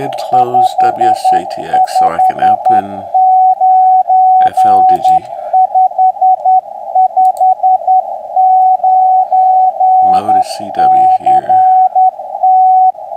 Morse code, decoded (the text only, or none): 559 559 CT